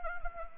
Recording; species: mosquito wingbeat signal from an infrared sensor; Anopheles arabiensis